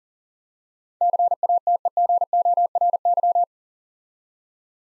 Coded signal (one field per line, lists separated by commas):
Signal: Morse code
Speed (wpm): 40 wpm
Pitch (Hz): 700 Hz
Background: none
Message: CATEGORY